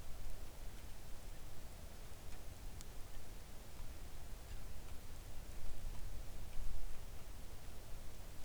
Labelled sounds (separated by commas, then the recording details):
rain
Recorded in the Arctic National Wildlife Refuge, Alaska, on 3 August 2019 at 05:55
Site 41